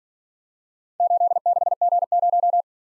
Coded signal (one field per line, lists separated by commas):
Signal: Morse code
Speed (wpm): 47 wpm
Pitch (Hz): 700 Hz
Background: none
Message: 86G0